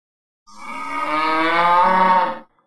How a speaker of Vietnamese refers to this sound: Đột nhiên tiếng kêu của một con trâu mộng truyền đến. Trong vùng núi rừng nơi xa có một ánh lửa kinh khủng đang xông đến. Đó là một con trâu lớn màu đỏ thẫm, cao phải 10 mấy mét, dài cũng cỡ 30 mét, bốn móng đạp trên lửa.